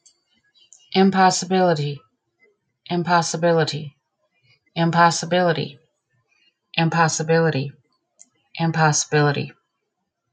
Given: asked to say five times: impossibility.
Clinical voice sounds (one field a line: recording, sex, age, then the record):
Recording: repeated word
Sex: female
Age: 40 to 49 years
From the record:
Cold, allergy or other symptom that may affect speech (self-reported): no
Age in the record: 47 years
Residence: South Carolina, United States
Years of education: 14